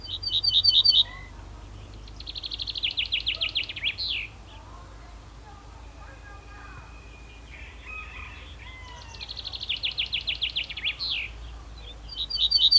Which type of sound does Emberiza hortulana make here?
song